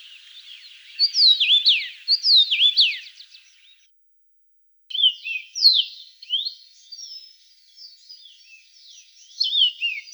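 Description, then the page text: Common rosefinch song: a sliding whistled phrase, then after a short silence more slurred whistled notes that fade and return near the end. "Чечевица обыкновенная (Carpodacus erythrinus) - Пение"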